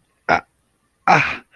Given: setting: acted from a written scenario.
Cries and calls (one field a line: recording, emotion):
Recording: vocal sound without words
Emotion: shame